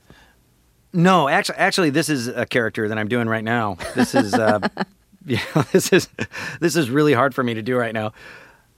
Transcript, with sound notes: No. Actually, this is a character that I'm doing right now.
(Laughter).
This is - you know, this is really hard for me to do right now.